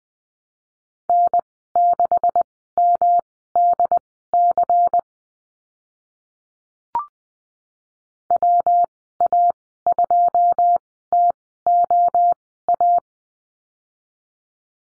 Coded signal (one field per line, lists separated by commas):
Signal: Morse code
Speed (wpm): 19 wpm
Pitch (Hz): 700 Hz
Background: none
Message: N6MDC WA2TOA